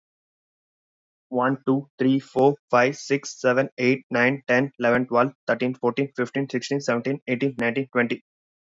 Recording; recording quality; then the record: counting at a fast pace; excellent, no background noise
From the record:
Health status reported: exposed to COVID-19, no respiratory illness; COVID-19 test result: negative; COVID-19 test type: RT-PCR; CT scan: not taken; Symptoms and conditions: none ticked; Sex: male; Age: 23 years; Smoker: no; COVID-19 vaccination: both doses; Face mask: worn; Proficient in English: yes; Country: India